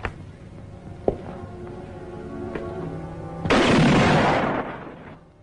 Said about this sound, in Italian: Quel tragico colpo di pistola, l'eco delle sue più segrete ossessioni, si riverbera ancora fra queste mura.